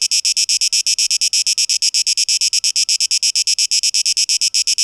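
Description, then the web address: Cicada pulses, harsh and high, arriving in a quick even rhythm throughout. Tape echo mix, 12 August 2023. "rauschpartikel 2023-08-12 Zikaden"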